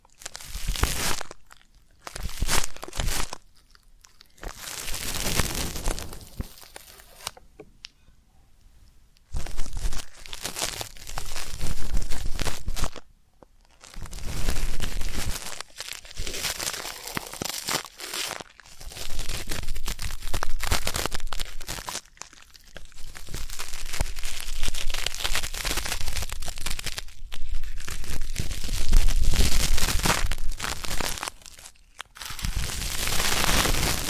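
Deep ear-cleaning ASMR sounds: bursts of crinkling, crunching and tearing scratches, stopping and starting with brief silences, some bursts lasting several seconds.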